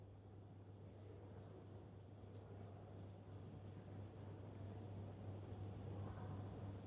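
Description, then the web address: Cricket chirping in a steady, high-pitched pulsing trill over a low constant hum. "muhammad 384. Crickets"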